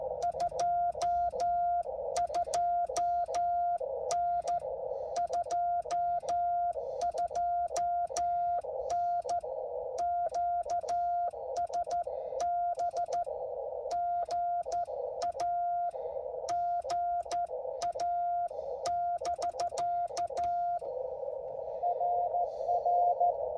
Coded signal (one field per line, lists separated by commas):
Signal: Morse code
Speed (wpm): 13 wpm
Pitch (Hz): 700 Hz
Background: radio noise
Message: 22N 22N QSB GA GA <BK> RR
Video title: #CW #POTA Activation using NO KEY OR PADDLE! Unable to use voice and forgot the key! CW Transcribed